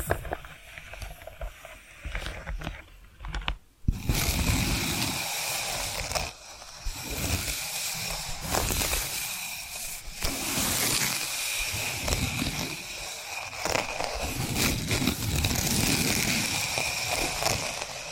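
Scratching and tapping sounds, quieter and sparse for the first four seconds, then a dense, continuous rasping scrape that runs to the end. Sharp taps and brief pauses break it around six, eight and a half, ten and thirteen and a half seconds.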